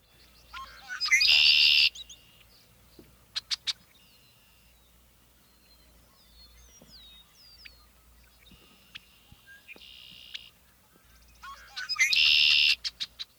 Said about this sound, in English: Turning back to the pond, the Red Wings are still sounding their rondelays.